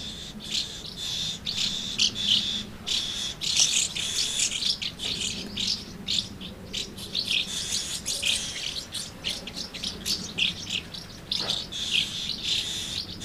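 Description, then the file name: Swallows twittering continuously, a dense mix of high chirps. Recorded at Amblagnieu on 2 July 2017 with an MZ-N710 recorder. "MZ-N 710 Hirondelles Amblagnieu 2 07 17"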